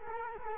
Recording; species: mosquito wingbeat signal from an infrared sensor; Culex quinquefasciatus